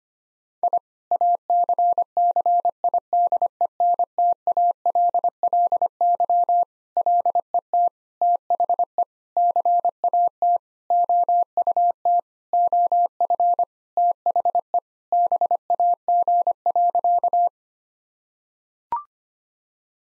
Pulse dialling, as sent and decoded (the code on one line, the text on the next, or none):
none